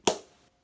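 A plastic cap is pressed down onto an alcohol marker against a table and snaps shut with a sharp, bright click at 0.1 seconds, then fades quickly to near silence. The cap is seated firmly, pressed on hard so that it seals well.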